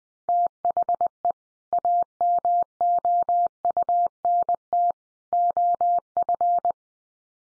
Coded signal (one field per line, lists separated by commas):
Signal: Morse code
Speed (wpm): 20 wpm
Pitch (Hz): 700 Hz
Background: none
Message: THE AMOUNT OF